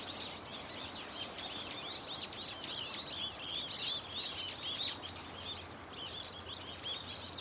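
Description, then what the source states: Many birds chirping and twittering at once, quick high arching notes building to a loud busy burst midway, constant low hum below. Birds calling loudly and continuously from a tetrapod breakwater belt and its trees.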